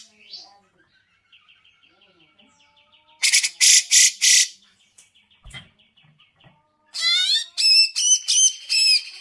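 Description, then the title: Grey-cheeked bulbul song, soft quick repeated notes, then loud harsh rasping bursts, and a final run of squeaky whistled chattering phrases. Masteran (training recording for songbirds), long-duration recording. "Cucak Jenggot Masteran"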